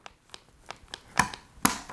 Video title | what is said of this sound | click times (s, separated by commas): How to build an amazing Video Editing / Gaming PC for $1500! For Beginners! Step by Step! | yep there's the click and then it shut right there so we're good | 1.7 s